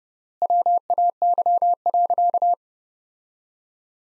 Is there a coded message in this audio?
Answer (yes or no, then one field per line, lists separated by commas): yes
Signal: Morse code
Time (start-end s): 0.4-2.5 s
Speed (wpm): 30 wpm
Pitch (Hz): 700 Hz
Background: none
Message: WAY.